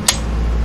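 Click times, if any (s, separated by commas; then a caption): 0.1 s. With the magazine checked, the bolt of a DPMS Panther Arms SBR BB air rifle by Crosman is pulled and snaps into the last-shot hold-open catch with a sharp, bright click at 0.1 s. A steady low hum continues underneath. The bolt locks open and stays open on the hold-open catch.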